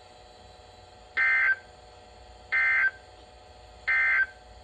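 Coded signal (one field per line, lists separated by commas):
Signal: Emergency Alert System (SAME) tones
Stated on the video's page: Severe storm and flash flood alerts from NOAA weather radio transmitters in Ohio, including a double header.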